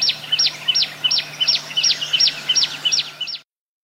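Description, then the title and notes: Bird song: a fast series of high, arched whistled notes, each dipping and rising, about three per second for roughly three seconds, over a faint steady hum. "Bird Sound. Kicau Burung Lengkap"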